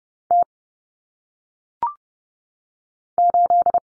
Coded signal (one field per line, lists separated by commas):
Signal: Morse code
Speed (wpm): 30 wpm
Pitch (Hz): 700 Hz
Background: none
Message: T 8